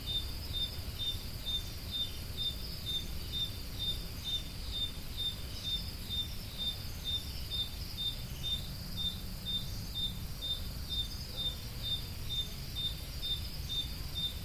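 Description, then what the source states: Cricket chirps, thin high pulses repeating at a regular pace of about two per second, against low background rumble. Crickets recorded at Roodekopjes.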